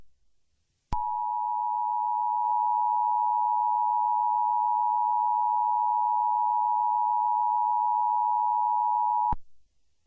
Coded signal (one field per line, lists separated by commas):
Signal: Emergency Alert System (SAME) tones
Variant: 853 and 960 Hz attention tone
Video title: EAS Mock - New York City RMT recreation v2